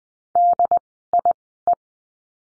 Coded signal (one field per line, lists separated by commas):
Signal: Morse code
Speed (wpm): 20 wpm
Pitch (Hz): 700 Hz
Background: none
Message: DIE